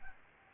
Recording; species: mosquito wingbeat signal from an infrared sensor; Aedes albopictus